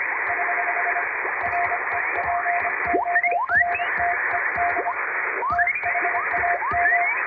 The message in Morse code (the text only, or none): <HH> REPORTED THAM